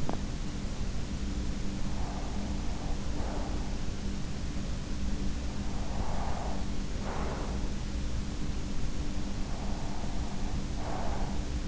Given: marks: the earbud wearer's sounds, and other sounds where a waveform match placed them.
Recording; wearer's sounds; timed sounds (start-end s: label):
sounds in sleep by an in-ear microphone; teeth grinding, breath
0.00-0.29 s: teeth grinding
2.00-3.88 s: breath
5.67-7.93 s: breath
9.31-11.68 s: breath